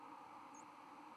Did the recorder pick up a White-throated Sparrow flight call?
no